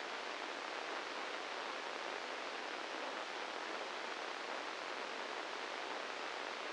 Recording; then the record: brain microelectrode recording played as sound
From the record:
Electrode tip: inside the subthalamic nucleus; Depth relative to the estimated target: 1 mm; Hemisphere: right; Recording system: NeuroSet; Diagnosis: Parkinson's disease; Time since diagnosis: 10 years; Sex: male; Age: 56 years